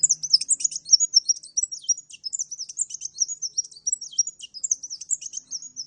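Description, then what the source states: Oriental magpie-robin singing continuously, with bright, tumbling whistles and sharp chirps packed closely together and no pauses. Champion kacer singing lively (gacor); master song used for bird training.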